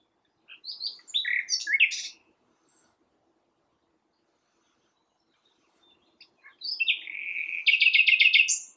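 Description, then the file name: Common nightingale song in two bursts: quick varied whistled notes, a long silence, then a phrase ending in a fast, rapidly repeated rattling trill. "Luscinia megarhynchos"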